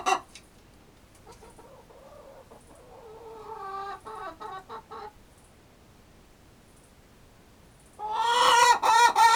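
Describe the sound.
Chicken clucking, a few soft harmonic clucks around two to five seconds, then a loud harsh squawking burst near the end.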